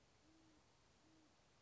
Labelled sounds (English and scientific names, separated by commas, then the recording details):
Great Horned Owl (Bubo virginianus)
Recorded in Sonoma County, California